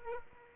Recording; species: mosquito wingbeat signal from an infrared sensor; Aedes aegypti